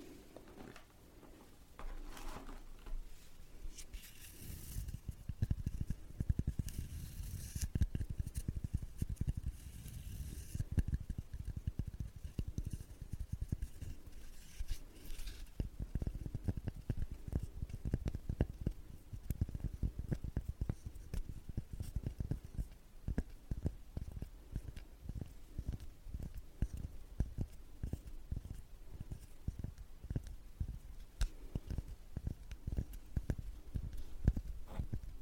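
Tapping goes on throughout, a busy stream of short knocks that are mostly low and dull, with some sharper clicks mixed in. The taps start after about two seconds and stay dense and uneven, while a brighter hiss comes and goes during the first fifteen seconds.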